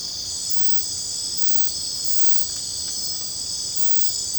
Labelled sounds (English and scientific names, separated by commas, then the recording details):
none
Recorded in secondary vegetation near Puerto Asís, Putumayo, Colombia, on 22 December 2024 at 23:00
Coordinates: 0.499, -76.323
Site G010